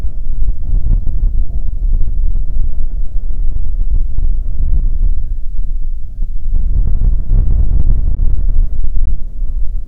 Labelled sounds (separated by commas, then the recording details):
bird, wind
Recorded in the Prudhoe Bay oil fields, Alaska, on 15 May 2019 at 00:04
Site 19